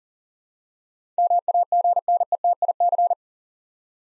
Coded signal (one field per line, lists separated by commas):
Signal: Morse code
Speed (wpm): 40 wpm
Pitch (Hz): 700 Hz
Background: none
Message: MAGNETIC